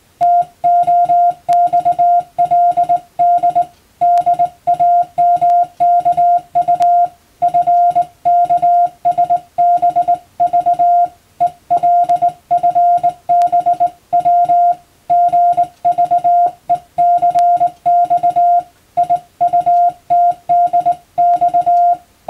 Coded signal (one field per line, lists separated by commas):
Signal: Morse code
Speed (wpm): 19 wpm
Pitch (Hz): 700 Hz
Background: music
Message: TOXLD DAMKU FKSBV ELFBW GVECX IUTDX